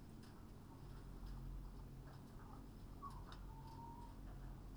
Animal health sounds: poultry house recording; healthy chickens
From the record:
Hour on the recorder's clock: 21

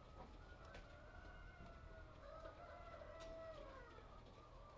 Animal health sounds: poultry house recording; healthy chickens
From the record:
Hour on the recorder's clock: 8

